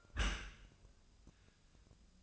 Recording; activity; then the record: daily activity, microphone in the room; close dishwasher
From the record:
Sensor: 2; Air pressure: 1004.6 hPa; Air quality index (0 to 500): 107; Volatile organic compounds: 2 ppm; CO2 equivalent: 1296 ppm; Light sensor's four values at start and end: 6/15/6/6 and 6/15/6/6